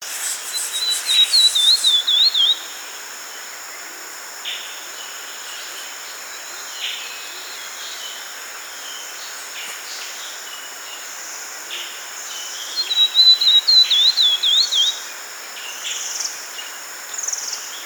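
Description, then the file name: Black-fronted white-eye giving high, thin twittering calls in two main bursts, near the start and again after about twelve seconds, with a few quieter notes between. "Zost Atri"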